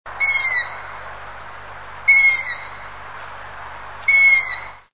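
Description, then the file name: Long-eared owl giving high, squeaky drawn-out calls, three calls about every two seconds over a soft steady background hiss. "hibou moyen duc cri"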